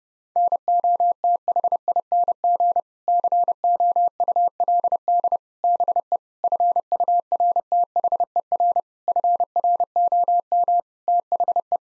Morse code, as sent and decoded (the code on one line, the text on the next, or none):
-. --- - .... .. -. --. / -.-. --- ..- .-.. -.. / -... . / ..-. ..- .-. - .... . .-. / ..-. .-. --- -- / - .... .
NOTHING COULD BE FURTHER FROM THE